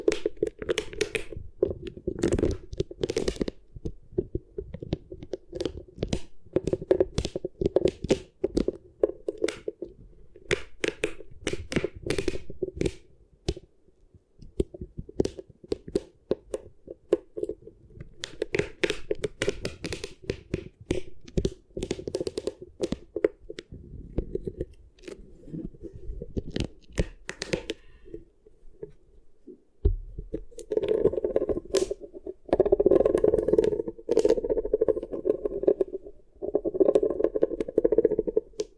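Beeswax is squished and worked for ear triggers, giving a dense run of sticky crackles, snaps and crunchy pops over a soft, low rubbing. Brief lulls come near 14 and 30 seconds; after that the squishing turns fuller and more continuous.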